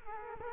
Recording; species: mosquito wingbeat signal from an infrared sensor; Culex quinquefasciatus